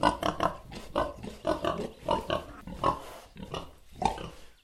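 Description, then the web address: Pig giving repeated short squealing grunts in quick bursts, several per second, pausing briefly between runs. Pig squealing in a pen. "tieng con lon keu trong chuong. tieng con lon keu heo keu trong chuong"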